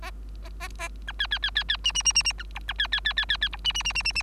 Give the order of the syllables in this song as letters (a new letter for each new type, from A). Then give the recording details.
A A A B C C C C C D D D D D B E B C C C C C C E D D D D D D. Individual Bird3